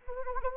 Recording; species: mosquito wingbeat signal from an infrared sensor; Anopheles arabiensis